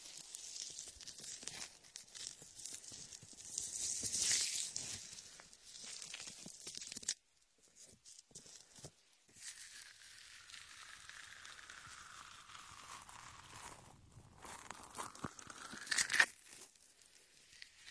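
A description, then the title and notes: Latex glove ear massage with shaving foam: dense crinkly rubbing and squishing fill the first seven seconds, peaking around four seconds. After a near-silent break, softer sweeping strokes rise and fall in pitch, with short rustling bursts around fourteen and sixteen seconds. Latex ear massage with shaving foam for comfort.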